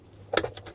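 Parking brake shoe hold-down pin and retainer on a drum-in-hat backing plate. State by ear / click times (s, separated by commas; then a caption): not seated / none. A parking brake shoe hold-down pin and spring retainer are handled on a drum-in-hat backing plate of a 2004 Jeep Wrangler TJ while the shoe and pin are held together and the retainer is pressed in. A sharp metallic clack at 0.4 s is followed by fainter ticks at 0.6 s and 0.7 s over a low hum. Nothing has seated or locked yet.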